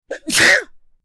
Sneeze.